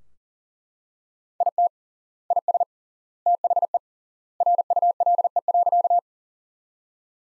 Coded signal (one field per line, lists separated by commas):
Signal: Morse code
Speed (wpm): 40 wpm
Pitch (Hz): 700 Hz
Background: none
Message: IT IS THE RULE.